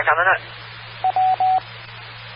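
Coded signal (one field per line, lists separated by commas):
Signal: none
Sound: repeater courtesy tone beeps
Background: speech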